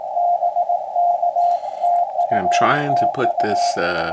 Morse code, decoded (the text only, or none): BK TU TU